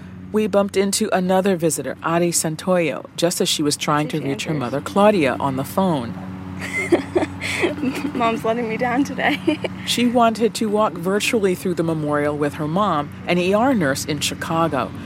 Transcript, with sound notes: We bumped into another visitor, Audie Santoyo, just as she was trying to reach her mother Claudia on the phone.
(Laughter) Mom's letting me down today.
She wanted to walk virtually through the memorial with her mom, an ER nurse in Chicago.